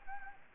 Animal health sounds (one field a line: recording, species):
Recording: mosquito wingbeat signal from an infrared sensor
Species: Anopheles arabiensis